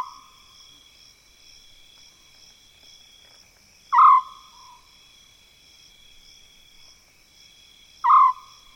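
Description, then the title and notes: African scops owl repeating a brief purring trill about every four seconds against a continuous backdrop of shrill insects. Mopane woodland, South Luangwa National Park, Zambia, African savanna; eerie calls; recorded with Zoom F6 recorder and Lom mikroUsi Pro microphones. "The eerie calls of an African scops owl in mopane woodland - South Luangwa National Park, Zambia."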